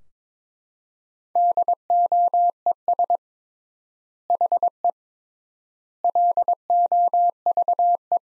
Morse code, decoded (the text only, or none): DOES HE LOVE